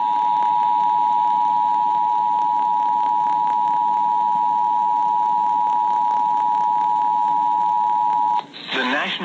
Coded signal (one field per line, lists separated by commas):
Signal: Emergency Alert System (SAME) tones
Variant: 853 and 960 Hz attention tone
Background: speech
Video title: NEVER Trust Summer... | EAS #559-567 (Severe Weather Alerts from 6/4/2024)